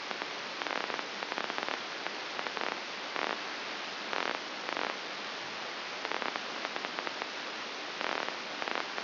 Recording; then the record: brain microelectrode recording played as sound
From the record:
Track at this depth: outside the subthalamic nucleus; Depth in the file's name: 8.504 mm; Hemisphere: left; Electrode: 2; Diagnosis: Parkinson's disease